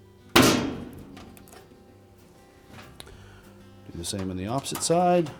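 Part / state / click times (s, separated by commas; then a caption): cabinet retaining clip into washer back panel / seated / 0.4 s. A metal retaining clip that holds the cabinet of a Whirlpool washer to its back panel is being reinstalled during a 2-speed drive motor (60Hz 120V) replacement: its short straight edge is hooked into a slotted opening on the back panel and pressed down with the palm of a hand. A loud, sharp hit at 0.4 s marks the clip locking in place, followed by quieter small knocks and then someone talking. The clip is seated.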